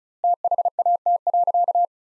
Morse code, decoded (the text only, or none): THAT.